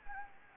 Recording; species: mosquito wingbeat signal from an infrared sensor; Anopheles gambiae